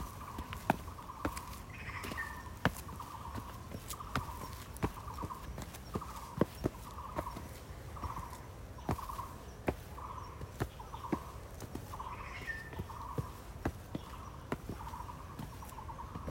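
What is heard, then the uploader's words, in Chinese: Birds and insects call on a mountain trail while footsteps crunch steadily throughout. A short mid-pitched call repeats every second or so, and a brighter rising whistle cuts in twice, near the start and again toward the end, over a low steady rumble. 內湖金面山鳥叫蟲鳴。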